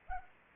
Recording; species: mosquito wingbeat signal from an infrared sensor; Anopheles arabiensis